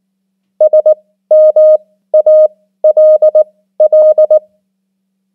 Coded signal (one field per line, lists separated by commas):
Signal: Morse code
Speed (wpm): 19 wpm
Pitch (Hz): 620 Hz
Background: none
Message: SMALL